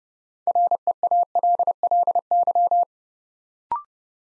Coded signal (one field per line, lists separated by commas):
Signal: Morse code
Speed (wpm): 30 wpm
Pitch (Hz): 700 Hz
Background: none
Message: REALLY